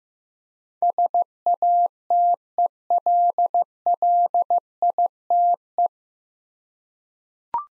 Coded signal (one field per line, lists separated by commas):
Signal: Morse code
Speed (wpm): 15 wpm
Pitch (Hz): 700 Hz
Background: none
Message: SATELLITE